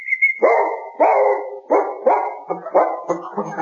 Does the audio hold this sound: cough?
no